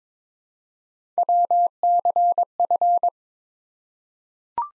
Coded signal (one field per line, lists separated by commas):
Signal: Morse code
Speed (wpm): 22 wpm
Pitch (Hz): 700 Hz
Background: none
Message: WCF